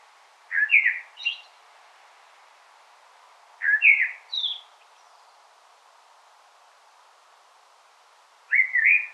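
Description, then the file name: Common blackbird song: short fluted phrases at irregular intervals, each a rich note followed by a thin squeaky flourish, over faint background hiss. "Turdus merula"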